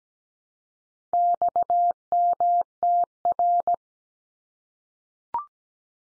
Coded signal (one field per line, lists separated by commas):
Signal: Morse code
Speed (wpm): 17 wpm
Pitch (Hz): 700 Hz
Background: none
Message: XMTR